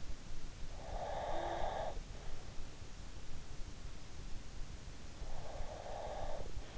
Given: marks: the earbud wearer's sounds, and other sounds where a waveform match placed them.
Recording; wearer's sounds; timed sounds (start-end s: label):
sounds in sleep by an in-ear microphone; breath
0.80-1.95 s: breath
5.20-6.53 s: breath